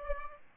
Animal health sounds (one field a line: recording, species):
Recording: mosquito wingbeat signal from an infrared sensor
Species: Aedes aegypti